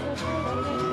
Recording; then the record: coughing mixed with background sound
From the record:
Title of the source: 1125 Coughing SOUND Effect